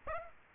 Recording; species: mosquito wingbeat signal from an infrared sensor; Aedes aegypti